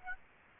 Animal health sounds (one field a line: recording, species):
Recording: mosquito wingbeat signal from an infrared sensor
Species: Aedes aegypti